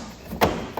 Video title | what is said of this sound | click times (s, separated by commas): Giraffe Tools Grandstorm Retractable Vacuum Cleaner Install and Review | and it just snaps into place. | 0.4 s, 0.8 s